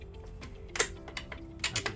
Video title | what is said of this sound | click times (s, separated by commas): Quick & Easy Pure Scooter Upgrade: Motor Removal & Puncture-Proof Tire Replacement FOR ANY SCOOTER | just heard that little click there and it just locked into the position should as | 1.6 s